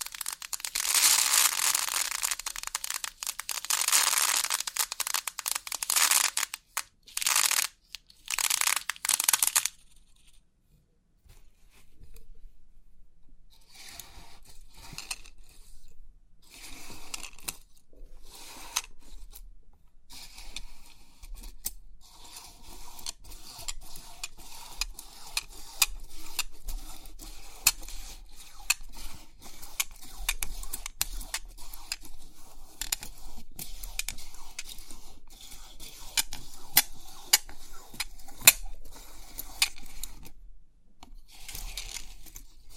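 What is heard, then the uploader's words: Crisp pin art tingles: bright rushing bursts for ten seconds, a brief pause, then steady dense clicking and tapping of many pins. Crisp 3D Pin Art Tingles(No Talking).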